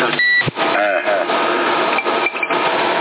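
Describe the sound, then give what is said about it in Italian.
A short, high-pitched CB radio end-of-transmission beep sounds once near the start, followed by steady, band-limited radio static with a few warbling, garbled voice-like tones. “Guarda, ti piace questo beep?”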